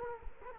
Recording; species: mosquito wingbeat signal from an infrared sensor; Culex quinquefasciatus